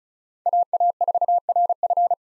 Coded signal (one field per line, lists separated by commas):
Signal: Morse code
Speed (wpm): 36 wpm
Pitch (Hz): 700 Hz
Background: none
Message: AA4RF